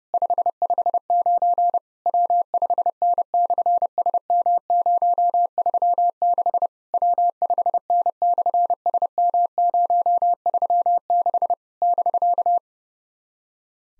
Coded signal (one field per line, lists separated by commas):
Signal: Morse code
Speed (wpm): 32 wpm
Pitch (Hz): 700 Hz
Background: none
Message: 559 W5N/SM036 W5N/SM036 <BK>